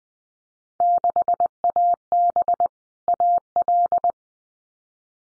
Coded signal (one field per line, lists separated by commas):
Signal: Morse code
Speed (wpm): 20 wpm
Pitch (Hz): 700 Hz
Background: none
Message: 6AB AL